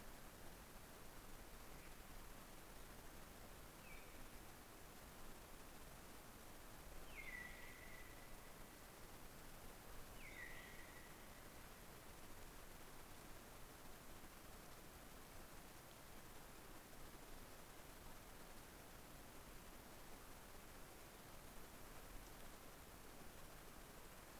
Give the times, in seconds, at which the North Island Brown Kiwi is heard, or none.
none